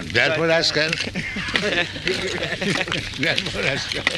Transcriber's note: laughter